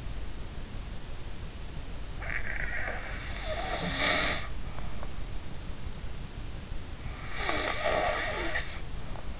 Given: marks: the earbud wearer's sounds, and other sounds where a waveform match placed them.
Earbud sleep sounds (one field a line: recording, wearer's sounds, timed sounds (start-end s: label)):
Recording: sounds in sleep by an in-ear microphone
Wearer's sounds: snoring breath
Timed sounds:
2.19-5.14 s: snoring breath
7.37-9.40 s: snoring breath